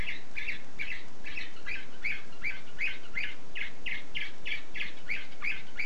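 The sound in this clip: Canary singing a rhythmic series of repeated chirped notes, roughly three each second, over loud steady hiss.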